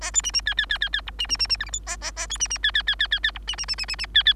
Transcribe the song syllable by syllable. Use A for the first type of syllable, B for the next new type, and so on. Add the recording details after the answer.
A B C C D D D D D E C C C C F G H A A A B C C D D D D D D E C C C C C C D D. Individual Bird3